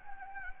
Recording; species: mosquito wingbeat signal from an infrared sensor; Anopheles gambiae